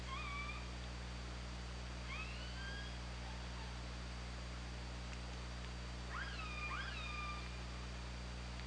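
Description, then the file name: Orca calls underwater, several rising then level calls with harmonics, over steady low hum and hiss. Recorded by OrcaLab hydrophone on 24 August 2017. "Orca Lab 20170824"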